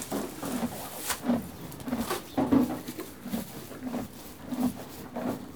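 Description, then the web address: Horse chewing, soft rhythmic grinding munches with brief crisp rustles of hay in between. One horse eating hay and moving. "BBC Sound Effects Library Horses One horse eating hay, and moving"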